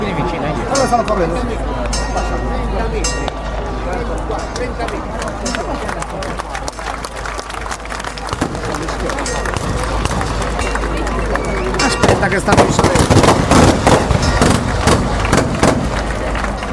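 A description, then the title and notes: An ancestral rite in Sedilo, heard from within a dense, noisy crowd with voices blending into a constant roar. Sharp gunshot cracks go off throughout, growing louder and more frequent from about twelve seconds into a rapid volley. S'Ardia - an ancestral rite in Sedilo (soundscape). The dust, the shooting, the smell of the fields in the early morning and the horse manure, the excitement, the animals, the waiting, perched on the steep slope.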